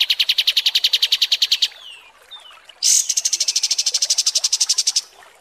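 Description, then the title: Kapas tembak song: a fast pulsed trill, a brief pause with soft downslurred notes, then a second, higher pulsed trill. Masteran training recording for teaching songbirds. "Masteran Kapas Tembak Mewah"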